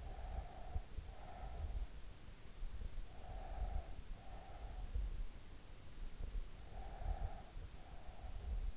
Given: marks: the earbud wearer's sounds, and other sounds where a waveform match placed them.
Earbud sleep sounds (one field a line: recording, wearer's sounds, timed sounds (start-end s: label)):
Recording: sounds in sleep by an in-ear microphone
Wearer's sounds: breath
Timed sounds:
0.10-1.89 s: breath
3.10-5.26 s: breath
6.67-8.77 s: breath